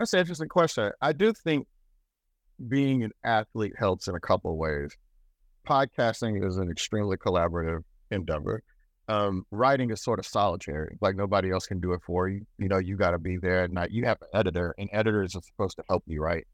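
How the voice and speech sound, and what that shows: A man speaks fluently and conversationally at a low, steady pitch, with natural pauses and no speech disorder.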